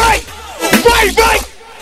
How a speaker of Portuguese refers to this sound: Põe a mãozinha pra cima e grita. Hey!